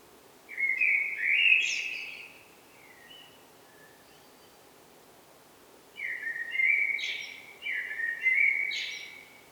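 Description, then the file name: Eurasian blackbird song in phrases: a mellow warbled whistle with a squeaky high ending, a pause of several seconds, then two more fluted phrases with shrill tails. "Turdus merula"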